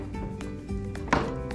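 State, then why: Not seated. Someone presses the latch on a fold-down furniture unit's folding table or bed mechanism to lock it. Against a steady tonal background, a few faint taps are heard around 0.4, 1.0 and 1.5 seconds, with a louder thunk near 1.1 seconds. No click is heard: the latch has not yet seated or clicked.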